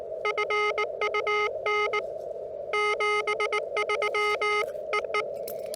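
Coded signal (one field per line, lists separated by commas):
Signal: Morse code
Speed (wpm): 20 wpm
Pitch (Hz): 420 Hz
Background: none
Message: FUN 73 EE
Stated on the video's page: Parks on the Air CW activation, used as copying practice.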